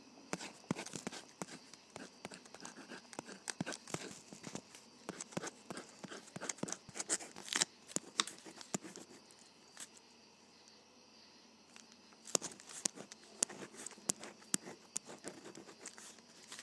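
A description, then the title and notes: A ballpoint pen scratches across paper in quick, irregular strokes, with short bright clicks and scrapes packed closely together. The writing runs steadily for the first ten seconds, pauses briefly, then resumes around twelve seconds. ASMR Writing with a Ballpoint Pen.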